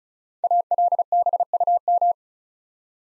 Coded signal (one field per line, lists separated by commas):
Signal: Morse code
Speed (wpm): 33 wpm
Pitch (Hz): 700 Hz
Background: none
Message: ALBUM